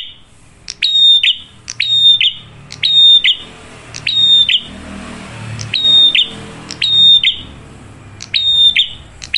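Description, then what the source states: Prinia gives a repeating pattern of high quick ticks and a bright whistled note, roughly one phrase per second, with soft low background rumble. Lively, clear-voiced prinia on an Indonesian masteran training recording, used as a lure to provoke other birds into singing.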